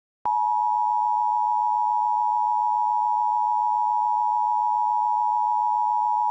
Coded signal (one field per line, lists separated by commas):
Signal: Emergency Alert System (SAME) tones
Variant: 853 and 960 Hz attention tone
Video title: EAS Scenario - Windows Vista